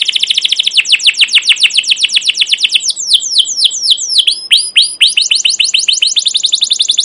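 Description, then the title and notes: Canary song, a rapid stream of high chirps and trills with quick down-slurred notes, varying phrases without a break, over faint background hiss. Captive canary giving long, continuous chirping song, used as a training lure for young canaries learning to sing. "CUIT CUIT NGEROL LANGSUNG GACOR PANJANG Kenari Ini AMPUH Utk Pancingan KENAR. PANCINGAN Kenari GACOR PANJANG Cuit CUIT EMOSI ini AMPUH utk MASTERAN Kenari PAUD belajar BUNYI. burung kenari"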